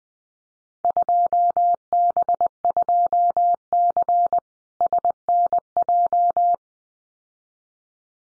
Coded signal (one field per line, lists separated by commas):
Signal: Morse code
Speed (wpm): 20 wpm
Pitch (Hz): 700 Hz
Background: none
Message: 2B2C SNJ